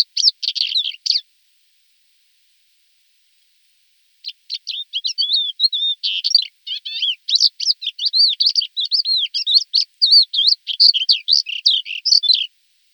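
Thekla's lark song: a short burst of twittering notes, about three seconds of quiet, then a long, rich, varied warble of chirps and trills.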